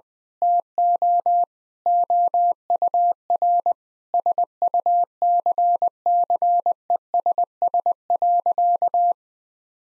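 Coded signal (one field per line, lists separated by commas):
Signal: Morse code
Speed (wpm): 20 wpm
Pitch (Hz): 700 Hz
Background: none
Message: TO OUR SUCCESS.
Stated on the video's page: Morse code practice at 20 wpm: sentences built from common nine-word phrases, each sent, then sent again for head-copy training.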